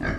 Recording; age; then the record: pig call; growing-finishing pig (85 days or more)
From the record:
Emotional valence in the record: negative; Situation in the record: barren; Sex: male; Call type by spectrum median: low-frequency call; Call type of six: low-frequency stable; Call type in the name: low-frequency stable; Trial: 2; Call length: 0.19 s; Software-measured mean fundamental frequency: 51 Hz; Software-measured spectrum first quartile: 172 Hz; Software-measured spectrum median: 581 Hz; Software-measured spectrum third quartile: 1504 Hz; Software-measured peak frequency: 58 Hz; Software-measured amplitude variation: 95 dB a second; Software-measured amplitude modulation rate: 23.7 a second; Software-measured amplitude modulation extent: 4.0 dB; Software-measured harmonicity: 1.9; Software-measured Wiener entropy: -1.50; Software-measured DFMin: 639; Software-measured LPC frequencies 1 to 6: 1626, 2159, 3091, 3781, 4659, 5500 Hz